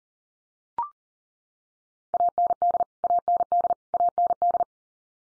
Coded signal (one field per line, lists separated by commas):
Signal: Morse code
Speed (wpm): 40 wpm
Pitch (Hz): 700 Hz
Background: none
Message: AND AND AND